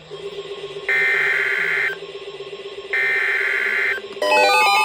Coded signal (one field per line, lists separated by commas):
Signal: Emergency Alert System (SAME) tones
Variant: header bursts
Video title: EAS #3039-3042 RARE Snow Squall Warning